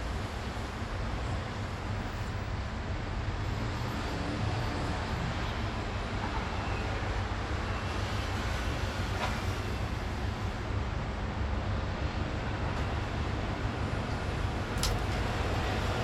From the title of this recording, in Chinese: 內湖路剛才的聲音